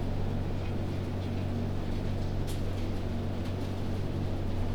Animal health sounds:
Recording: poultry house recording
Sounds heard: no chicken sound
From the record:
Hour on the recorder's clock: 3

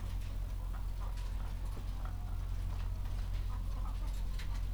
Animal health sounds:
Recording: poultry house recording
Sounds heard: sick chickens (respiratory disease)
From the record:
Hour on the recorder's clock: 13

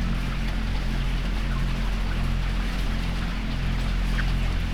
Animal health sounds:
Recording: poultry house recording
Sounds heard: healthy chickens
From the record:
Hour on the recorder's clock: 19

